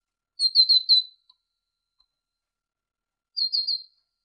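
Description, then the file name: Great tit calling in two brief bursts of three or four quick, high, slightly falling notes, separated by about two seconds of silence. Training recording used to teach songbirds. "suara masteran great tit"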